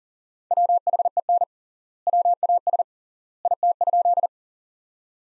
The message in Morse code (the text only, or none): WHEN WAS IT?